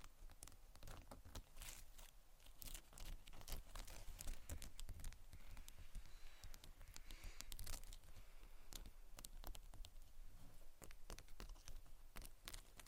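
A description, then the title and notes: Tapping and scratching in quick, irregular bursts of sharp clicks and crackly scrapes, dense throughout, with a low rumble underneath. ASMR Tapping and Scratching for Sleep (No Talking).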